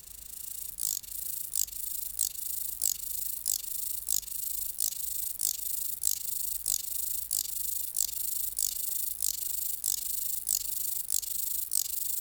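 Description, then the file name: Large mountain grasshopper stridulation: a steady, clear series of sharp, rasping, hissy chirps repeated about one and a half times per second, over a quiet background. "Stauroderus scalaris"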